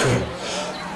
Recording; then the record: coughing mixed with background sound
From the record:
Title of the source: Residual Phlegmy Morning Coughing and Gagging